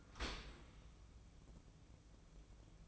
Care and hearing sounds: daily activity, microphone in the room; open dishwasher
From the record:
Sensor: 1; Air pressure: 1012.3 hPa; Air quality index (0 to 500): 170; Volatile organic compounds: 3 ppm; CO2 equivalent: 1391 ppm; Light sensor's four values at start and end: 367/818/368/398 and 368/822/369/400

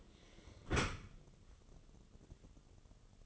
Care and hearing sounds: daily activity, microphone in the room; close dishwasher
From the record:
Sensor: 4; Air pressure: 1015.8 hPa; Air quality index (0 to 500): 91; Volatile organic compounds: 2 ppm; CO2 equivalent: 1012 ppm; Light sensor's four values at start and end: 9/19/7/7 and 9/19/8/7

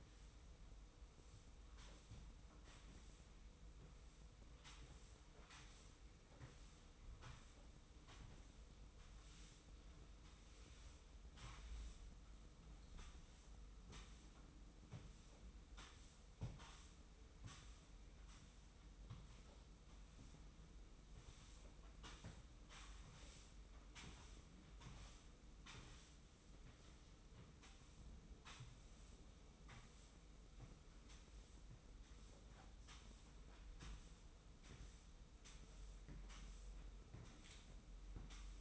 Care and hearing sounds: daily activity, microphone in the room; sweep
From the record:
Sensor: 1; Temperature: 25.3 degrees Celsius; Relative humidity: 44.0%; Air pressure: 990.5 hPa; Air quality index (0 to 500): 177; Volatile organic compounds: 1000 ppm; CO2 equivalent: 6527 ppm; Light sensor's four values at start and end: 29/67/28/31 and 29/67/29/31

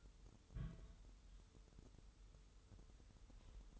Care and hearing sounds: daily activity, microphone in the room; place on stove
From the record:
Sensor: 3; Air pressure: 988.3 hPa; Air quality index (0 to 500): 191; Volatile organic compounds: 264 ppm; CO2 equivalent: 4396 ppm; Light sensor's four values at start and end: 24/75/31/27 and 24/75/31/27

